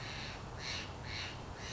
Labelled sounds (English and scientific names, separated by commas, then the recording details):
Steller's Jay (Cyanocitta stelleri)
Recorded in Sonoma County, California